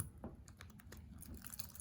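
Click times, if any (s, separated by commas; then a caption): none. After the CR2032 battery is replaced and the rubber gasket refitted in a 2016 Jeep Wrangler JKU key fob, the plastic casing half is handled and placed over the key fob body. Small plastic taps and rustles are heard, with a sharp tick at the start and two faint ticks near 1.5 and 1.6 seconds. Nothing has snapped into place yet; the casing is not home.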